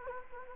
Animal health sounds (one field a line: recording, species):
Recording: mosquito wingbeat signal from an infrared sensor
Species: Anopheles gambiae